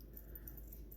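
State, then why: Released. The screw-down crown of an automatic wristwatch is unscrewed from its threaded case tube, giving a series of small, faint clicks at about 0.2, 0.4, 0.5, 0.6, 0.7 and 0.9 seconds over a low, steady background. The crown comes off the threads and has a little play, released.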